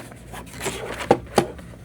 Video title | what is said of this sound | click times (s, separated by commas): Don't Buy The Dyson V16 Submarine Until You See This! | you have to kind of go in at an angle then rotate it down locked into place. | 1.1 s, 1.4 s